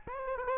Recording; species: mosquito wingbeat signal from an infrared sensor; Aedes albopictus